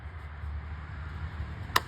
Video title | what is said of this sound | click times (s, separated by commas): 2022 Honda Accord 2.0 Spark Plug replacement | That just snaps back in place there. | 1.8 s